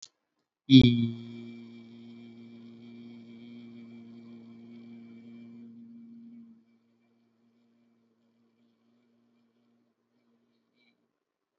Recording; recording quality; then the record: sustained vowel as in beet; excellent, no background noise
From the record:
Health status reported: healthy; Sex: male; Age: 19 years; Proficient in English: yes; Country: India